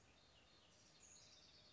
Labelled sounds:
House Wren
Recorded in Sonoma County, California

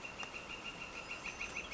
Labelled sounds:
Northern Flicker
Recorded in Sonoma County, California

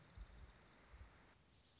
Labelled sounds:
Dark-eyed Junco
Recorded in Sonoma County, California

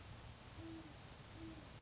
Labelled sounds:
Great Horned Owl
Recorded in Sonoma County, California

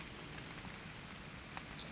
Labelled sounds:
Chestnut-backed Chickadee
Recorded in Sonoma County, California

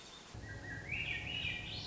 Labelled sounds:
Swainson's Thrush
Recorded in Sonoma County, California

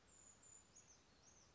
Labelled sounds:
Brown Creeper
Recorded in Sonoma County, California

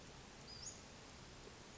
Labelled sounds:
Western Flycatcher
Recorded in Sonoma County, California

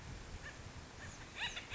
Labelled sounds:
Acorn Woodpecker
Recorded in Sonoma County, California

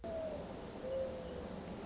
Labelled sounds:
Mourning Dove
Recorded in Sonoma County, California

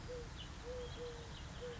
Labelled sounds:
Eurasian Collared Dove
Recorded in Sonoma County, California

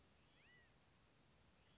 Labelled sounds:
California Quail
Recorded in Sonoma County, California

